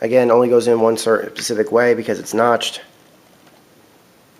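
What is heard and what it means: A notched sensor bar cable plug is being handled at its port on the back of a game console while someone talks for about 3 seconds, then near-silence follows. The plug has not seated or clicked yet.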